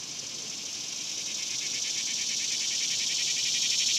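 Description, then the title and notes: Cicada chorus, a high throbbing buzz with audible pulsing, slowly getting louder. Cicadas recorded outdoors in a cemetery during the daytime in summer. "Ext, Daytime Cicadas, Cemetery, Summer by Bandeto"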